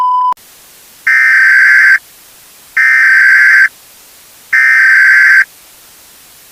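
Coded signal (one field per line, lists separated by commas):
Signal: Emergency Alert System (SAME) tones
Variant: header bursts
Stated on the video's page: Fictional EAS scenario.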